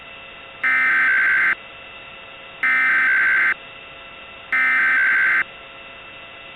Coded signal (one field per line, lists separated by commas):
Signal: Emergency Alert System (SAME) tones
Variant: header bursts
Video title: EAS Mock: SVR for a bunch of counties in Missouri